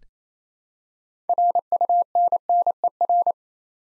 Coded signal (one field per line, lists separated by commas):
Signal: Morse code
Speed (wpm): 29 wpm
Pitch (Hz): 700 Hz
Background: none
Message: RUNNER